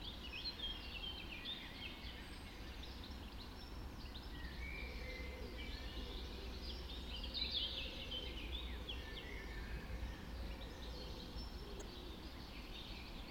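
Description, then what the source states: Birds of a dawn chorus, layered twittering and chirping songs with a louder warbled phrase midway, above persistent low-pitched rumble. Dawn chorus recorded just after dawn in the Forest of Dean.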